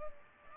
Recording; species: mosquito wingbeat signal from an infrared sensor; Culex pipiens